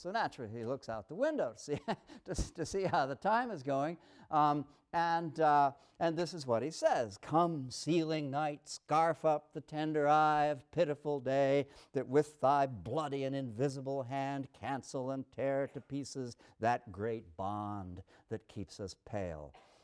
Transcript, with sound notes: So naturally he looks out the window to see [laughs] how the time is going, and this is what he says:… Come, seeling Night, Skarfe up the tender Eye of pitiful Day And with thy bloodie and invisible Hand Cancel and teare to pieces that great Bond That keeps me pale!